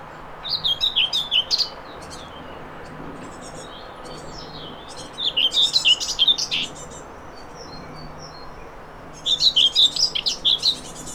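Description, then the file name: Common whitethroat delivering three short, rapid, scratchy warbled phrases spaced about four seconds apart, with a low steady hiss underneath. "mezei poszata hangja"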